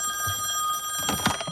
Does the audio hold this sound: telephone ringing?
yes